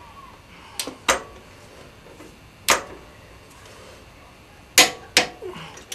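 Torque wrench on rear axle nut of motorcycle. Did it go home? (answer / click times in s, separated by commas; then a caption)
yes / 4.8 s, 5.2 s. A click-type torque wrench tightens the rear axle nut on a Kawasaki Voyager XII motorcycle, with a few sharp ratcheting knocks at about 0.8, 1.1 and 2.7 seconds. The wrench then gives two crisp clicks at 4.8 and 5.2 seconds, confirming the nut is torqued to its 80 ft-lb setting.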